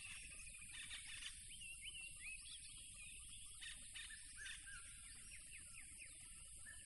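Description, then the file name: A constant shrill cricket drone beneath a busy mix of bird chirps, whistles and short bursts of calls, over low background rumble. Loud crickets beside a tropical river. "smartsound ATMO NATURE Tropical River Loud Crickets"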